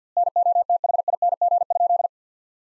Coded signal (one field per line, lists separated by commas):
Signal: Morse code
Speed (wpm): 50 wpm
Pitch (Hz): 700 Hz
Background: none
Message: NOTHING?